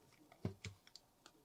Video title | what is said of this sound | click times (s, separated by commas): Mega Construx Halo Magnetic UNSC Flame Marine Unboxing Review | no it's not it snaps into place | 0.6 s